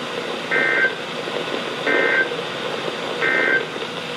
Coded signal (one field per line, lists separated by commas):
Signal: Emergency Alert System (SAME) tones